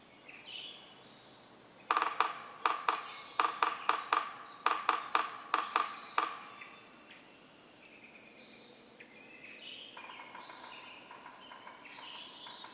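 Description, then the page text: Yellow-bellied Sapsucker drumming, a run of loud, unevenly spaced knocks, followed by birdsong alone. Community of several drummers on various substrates, stereo recording, Atlanta, Michigan, April 24, 2018, 6:22 to 6:50 a.m., beginning 15 minutes before sunrise (6:37 a.m.) and continuing after. "Yellow-bellied sapsucker: My favorite community of drummers, this one recorded beginning 15 minutes before sunrise and continuing well after."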